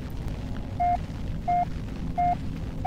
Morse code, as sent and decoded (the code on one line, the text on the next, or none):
none